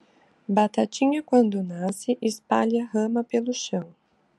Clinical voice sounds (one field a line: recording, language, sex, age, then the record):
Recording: short text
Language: Brazilian Portuguese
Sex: female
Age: 20 to 29 years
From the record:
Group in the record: control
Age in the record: 28 years